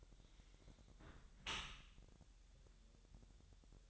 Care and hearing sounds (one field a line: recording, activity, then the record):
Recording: daily activity, microphone in the room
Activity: close dishwasher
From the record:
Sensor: 3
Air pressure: 1000.5 hPa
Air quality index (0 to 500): 248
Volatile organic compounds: 171 ppm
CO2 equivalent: 4110 ppm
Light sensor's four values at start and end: 10/24/10/10 and 10/24/10/10